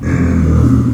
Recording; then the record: squeal of a Yucatan mini pig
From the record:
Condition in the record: after surgery on the right vocal fold (resection and tissue-engineered implant); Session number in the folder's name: 11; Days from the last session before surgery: 98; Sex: female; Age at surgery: 19 weeks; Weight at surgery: 25 kg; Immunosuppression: prednisolone